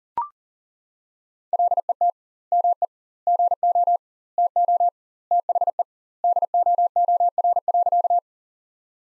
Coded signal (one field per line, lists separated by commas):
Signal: Morse code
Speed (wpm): 37 wpm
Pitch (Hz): 700 Hz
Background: none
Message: LET ME GO TO THE DOOR.